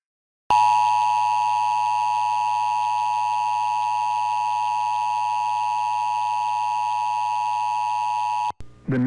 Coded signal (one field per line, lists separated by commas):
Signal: Emergency Alert System (SAME) tones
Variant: 853 and 960 Hz attention tone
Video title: EAS Alerts from September 9th, 2023 [EAS #1,063-1,081]